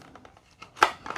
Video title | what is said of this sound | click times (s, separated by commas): Don't Ignore Your Roborock Q Revo Maintenance 101 – Filters, Cleaning & Replacement Parts! | and it should snap into place and be nice and flush with that O-ring out | 0.8 s